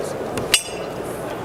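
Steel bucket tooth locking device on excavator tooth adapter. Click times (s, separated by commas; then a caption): 0.5 s. A pry bar set under the groove levers the hammerless integrated lock of a two-piece steel bucket tooth onto an excavator tooth adapter. A faint tap comes at 0.4 s, then a sharp metallic click at 0.5 s, over a low background hum. The lock is seated, and the install is done.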